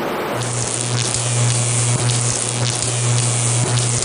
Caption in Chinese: 你们会从功放当中听到好几种耳鸣的声音。 这个声很像那个有电话进来，对，受到干扰的，对，那个声音。 我觉得我可以忍受，但是他如果一直这样的话，我会觉得很烦躁。